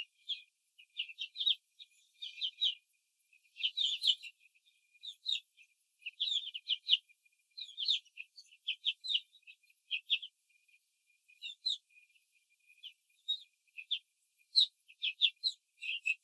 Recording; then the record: young laying hens in a cage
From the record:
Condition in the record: control cage, after the stress test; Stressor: none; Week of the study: 4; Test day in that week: 3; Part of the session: 2